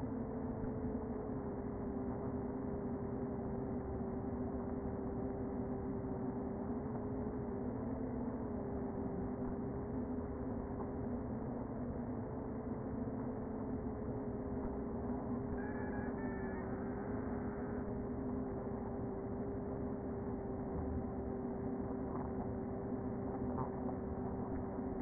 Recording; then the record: honeybee colony, microphone inside the hive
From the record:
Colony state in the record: queen present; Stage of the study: before two queens were removed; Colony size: about 60,000 bees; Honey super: yes